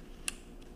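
An interchangeable lens is lined up by its white dot with the white dot on a Canon T5i DSLR camera body mount, pushed on and turned clockwise. At 0.3 s the mount latch gives a sharp, bright click as the lens bayonet seats home, followed by a much fainter tick at 0.6 s. The lens is seated and locked in the mount.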